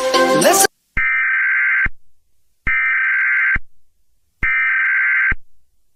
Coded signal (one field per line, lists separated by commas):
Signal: Emergency Alert System (SAME) tones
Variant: header bursts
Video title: Heartland Cataclysm (Eas Scenario)